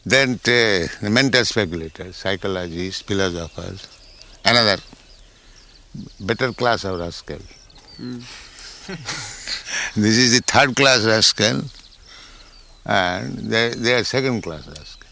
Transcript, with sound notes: Then the mental speculators, psychologists, philosophers, another, better class of rascals... [laughter] This is the third-class rascal, and they are second-class rascal.